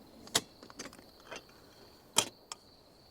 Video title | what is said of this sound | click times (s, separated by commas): A Classic Made WORSE? Stanley Wildfare Go 2 Cup Cookset 4-Piece Set | You can move these down, lock them into place. | 0.4 s, 2.2 s